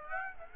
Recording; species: mosquito wingbeat signal from an infrared sensor; Aedes aegypti